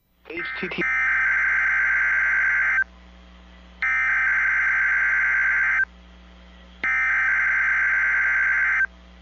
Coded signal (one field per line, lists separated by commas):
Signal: Emergency Alert System (SAME) tones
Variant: header bursts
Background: speech